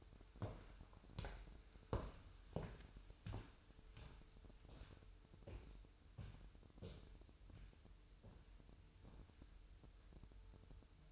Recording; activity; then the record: daily activity, microphone in the room; walk to room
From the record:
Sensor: 2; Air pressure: 988.1 hPa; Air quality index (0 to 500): 187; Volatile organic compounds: 160 ppm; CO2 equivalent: 4067 ppm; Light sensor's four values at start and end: 21/70/27/26 and 21/70/27/26